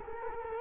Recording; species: mosquito wingbeat signal from an infrared sensor; Culex quinquefasciatus